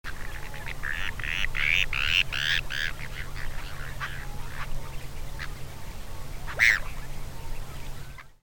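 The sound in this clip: Bonaparte's gull calls: a cluster of rasping, nasal notes early on, then a single harsh call later, over a low steady hum.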